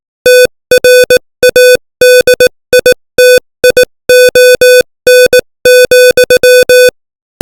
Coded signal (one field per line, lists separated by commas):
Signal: Morse code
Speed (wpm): 18 wpm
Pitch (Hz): 500 Hz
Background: music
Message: TRADITION,